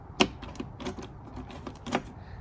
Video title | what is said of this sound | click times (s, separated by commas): Fixing the Trunk Lid on my Can Am Spyder - Making it POP again | now you can kind of hear it click | 0.2 s